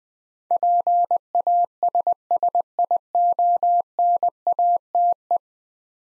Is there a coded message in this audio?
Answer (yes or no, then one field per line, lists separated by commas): yes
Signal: Morse code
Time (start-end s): 0.5-5.4 s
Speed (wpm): 20 wpm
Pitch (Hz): 700 Hz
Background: none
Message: PASSIONATE